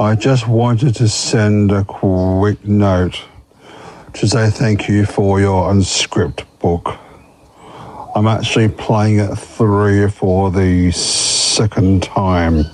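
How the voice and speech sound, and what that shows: An adult man with a low, steady voice, who has stuttered all his life and recently attended a McGuire Programme course in Melbourne, reads a short message with long pauses. A held block appears on the /k/ of "quick", and words are stretched before "second time". These are stuttering blocks and prolongations within otherwise deliberate, controlled speech.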